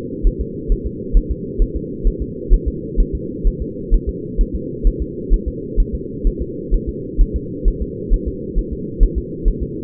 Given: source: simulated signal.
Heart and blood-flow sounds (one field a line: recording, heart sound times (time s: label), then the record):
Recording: fetal heart sounds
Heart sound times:
0.27 s: S1
0.41 s: S2
0.72 s: S1
0.87 s: S2
1.17 s: S1
1.31 s: S2
1.62 s: S1
1.76 s: S2
2.07 s: S1
2.22 s: S2
2.54 s: S1
2.68 s: S2
3.00 s: S1
3.15 s: S2
3.47 s: S1
3.62 s: S2
3.94 s: S1
4.09 s: S2
4.41 s: S1
4.55 s: S2
4.87 s: S1
5.02 s: S2
5.34 s: S1
5.48 s: S2
5.80 s: S1
5.95 s: S2
6.27 s: S1
6.42 s: S2
6.74 s: S1
6.89 s: S2
7.21 s: S1
7.36 s: S2
7.68 s: S1
7.82 s: S2
8.14 s: S1
8.28 s: S2
8.59 s: S1
8.73 s: S2
9.03 s: S1
9.18 s: S2
9.48 s: S1
9.63 s: S2
From the record:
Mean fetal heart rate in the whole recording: 130 bpm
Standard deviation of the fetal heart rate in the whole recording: 2 bpm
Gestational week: 38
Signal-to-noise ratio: -4.1 dB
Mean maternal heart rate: no maternal heart sound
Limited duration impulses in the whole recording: absent